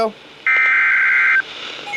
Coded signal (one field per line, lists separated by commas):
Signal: Emergency Alert System (SAME) tones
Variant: header bursts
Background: speech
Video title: NWS Paducah On Speed | EAS Alerts From 3/30/2025 (EAS #2,741-2,771)